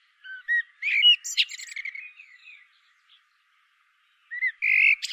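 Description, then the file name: Common blackbird song: low fluted warbling notes, then a high scratchy twitter, a pause, and another short whistled phrase ending in squeaky notes. "Turdus merula"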